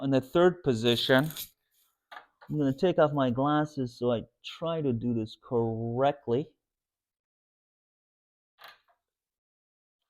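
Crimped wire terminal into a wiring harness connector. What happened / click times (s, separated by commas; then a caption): Connector terminal being lined up, not yet clicked in / none. A crimped wire terminal is lined up to go into the third position of a plastic wiring harness connector while someone talks. Brief faint handling sounds are heard around 2.1 s and 8.7 s. The terminal has not yet seated or clicked into place.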